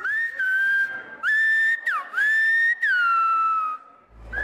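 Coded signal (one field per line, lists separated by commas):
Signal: whistled language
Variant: Silbo Gomero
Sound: loud, clear whistled phrases: steady notes that dip, rise and fall, separated by brief pauses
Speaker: natives once communicated with El Silbo over long distances, from mountain to mountain. Similar to the Alpine inhabitants with their yodeling calls. (whistle)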